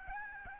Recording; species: mosquito wingbeat signal from an infrared sensor; Aedes albopictus